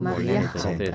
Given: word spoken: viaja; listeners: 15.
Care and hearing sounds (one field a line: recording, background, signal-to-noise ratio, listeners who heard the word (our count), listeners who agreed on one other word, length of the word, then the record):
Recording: one Spanish word in noise, from a listening test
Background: four-talker babble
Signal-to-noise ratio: -2.6 dB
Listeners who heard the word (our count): 0 of 15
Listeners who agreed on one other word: 10 of 15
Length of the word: 0.55 s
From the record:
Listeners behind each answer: 10, 3, 2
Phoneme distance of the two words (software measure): 24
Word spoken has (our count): 2 syllables, 5 phonemes, stress on syllable 1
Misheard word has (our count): 2 syllables, 5 phonemes, stress on syllable 1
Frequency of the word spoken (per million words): 11.23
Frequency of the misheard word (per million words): 17.18